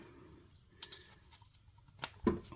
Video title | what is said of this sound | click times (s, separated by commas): 2005 Ford Focus Oil Pressure Switch replacement #repair #automobile #fordfocus1 #diy | okay I heard it click so that's in there good make sure it's locked in good give it a tug | 2.0 s